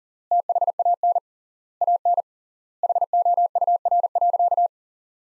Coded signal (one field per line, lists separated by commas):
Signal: Morse code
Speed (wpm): 40 wpm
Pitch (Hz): 700 Hz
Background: none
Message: THAN AN HOUR.